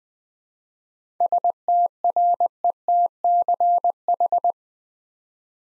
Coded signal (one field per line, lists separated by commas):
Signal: Morse code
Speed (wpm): 20 wpm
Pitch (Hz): 700 Hz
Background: none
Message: STRETCH